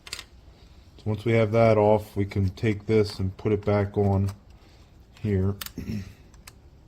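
A plastic wiper mounting adapter is handled against the connector of a new Trico Ice windshield wiper blade for a Ford Taurus while someone talks, with brief sharp handling ticks near 0.1 s and 6.3–6.5 s. Nothing has seated or clicked into place yet.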